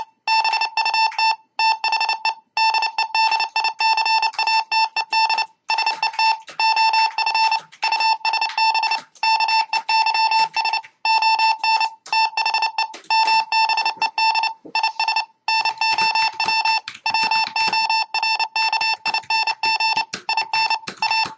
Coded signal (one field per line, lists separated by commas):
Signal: Morse code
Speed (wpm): 29 wpm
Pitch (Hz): 2650 Hz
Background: none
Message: BUT THE DEDICATED SET OF USB KEYS ON THE MBED IS NOW WORKING IN A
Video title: W5UXH mbed Keyer Project Using USB keyboard